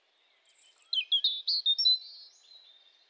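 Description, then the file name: European robin delivering one phrase: a thin high note, then a string of clear, sliding whistles and twittery trills that fade out gently. "Erithacus rubecula"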